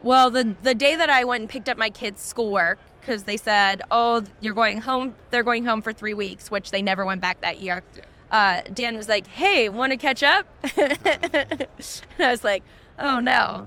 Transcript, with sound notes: Well, the- the day that I went and picked up my kids' schoolwork, cuz they said, "Oh, you're going home -- they're going home for three weeks," which they never went back that year.
Yeah.
Dan was like, "Hey, wanna catch up?" [Laughs] And I was like, "Oh, no."